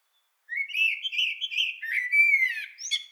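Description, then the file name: Eurasian blackbird giving a smooth, mellow whistled warble that runs on steadily before finishing with a brief high, squeaky flourish. "Turdus merula"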